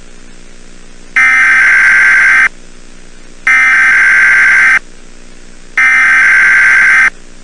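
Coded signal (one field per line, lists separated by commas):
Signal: Emergency Alert System (SAME) tones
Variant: header bursts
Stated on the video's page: Fictional EAS scenario for entertainment.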